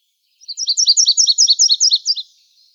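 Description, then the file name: Virginia's warbler song: a brisk run of several high, sharp, doubled notes at an even pace, ending with a faint trailing note. Arizona, 30 April 2005. "VIWA 6 deviche"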